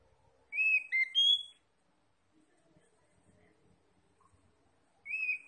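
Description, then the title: Oriental magpie-robin song: a short burst of three loud, clear whistled notes, then a pause, and the phrase starts again at the end. Lively-singing ('gacor') bird from Tretes. "Kacer Tretes Gacor"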